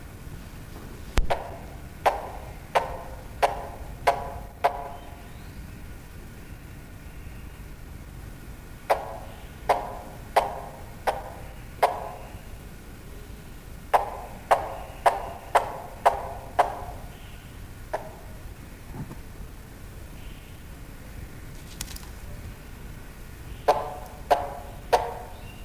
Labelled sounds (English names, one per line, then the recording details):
Von Der Decken's Hornbill call
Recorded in captivity
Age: adult
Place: Zoo Berlin, Berlin, DE
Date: 1999-12-21 14:15
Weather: bedeckt, 0°C
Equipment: Nagra SN, Kopie Uher 4000 Report Monitor
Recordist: Tembrock, Günter
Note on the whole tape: Kurzlautfolgen, durch Mikrofon ausgelöst; Entfernung ca. 1 m